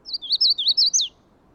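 Magnolia warbler song, a brisk series of several bright, slurred whistles rising and falling, the last note sharper and downslurred.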